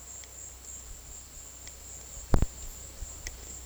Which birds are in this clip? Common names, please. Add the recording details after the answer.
none. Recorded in dense forest near Puerto Asís, Putumayo, Colombia, on 19 February 2024 at 14:30. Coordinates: 0.485, -76.322. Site G6406